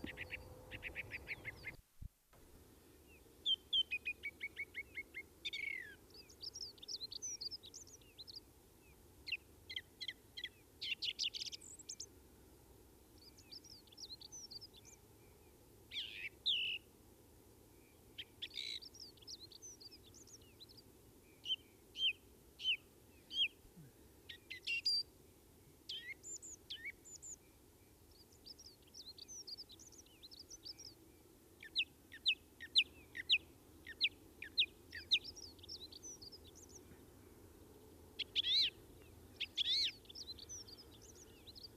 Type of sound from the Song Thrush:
song